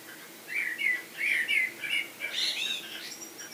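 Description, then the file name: Common blackbird gives a short run of mellow fluted notes ending in a high, squeaky chattering flourish. "Turdus merula"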